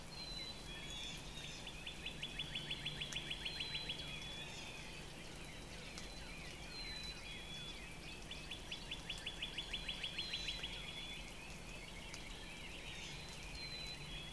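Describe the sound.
Northern Cardinal song: two runs of quick downslurred whistles a few seconds long, fairly faint beneath steady noise, plus thin high whistles from another bird.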